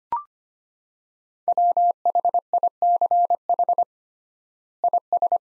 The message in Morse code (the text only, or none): WHICH IS